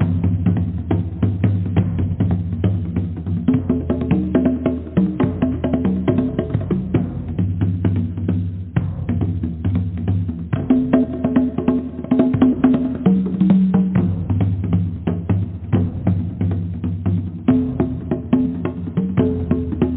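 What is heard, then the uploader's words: Continuous drumming with dense, rapid strikes that keep going for the whole clip, stacked over deep, ringing drum tones. The playing stays loud and steady, with only brief thinning near the 8-second and 17-second marks, and no bright highs above the drums. Drumming: Powerful. Drumming vibrations.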